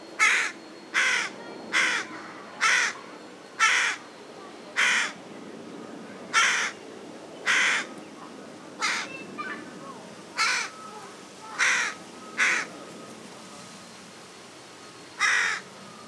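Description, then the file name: Carrion crow giving a long series of about thirteen hoarse caws, more widely spaced toward the end. "Corvus corone"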